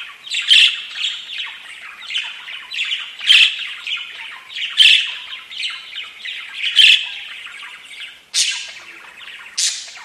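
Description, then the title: Budgerigar chatter, a continuous busy warble of scratchy chirps with louder harsh squawks at irregular intervals. "Budgie Sounds"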